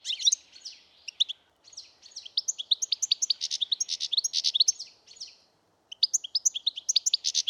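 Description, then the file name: European goldfinch giving a long, lively run of liquid, tinkling twitters and buzzy notes, broken by brief pauses, with rapid high chips toward the end. "Carduelis carduelis"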